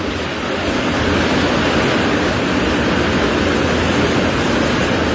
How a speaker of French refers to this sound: Là, on va être obligé de couper court parce que là il y a une forte pluie. Donc du coup, je sais pas si ça va être audible.